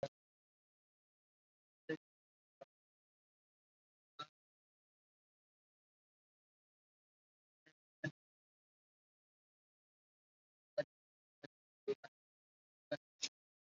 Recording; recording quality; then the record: counting at a normal pace; poor, much background noise or distortion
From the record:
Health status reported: COVID-19 positive, mild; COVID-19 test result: positive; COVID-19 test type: RT-PCR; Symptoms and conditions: fever, fatigue, muscle pain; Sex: female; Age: 30 years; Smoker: no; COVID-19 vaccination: both doses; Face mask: worn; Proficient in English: no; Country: India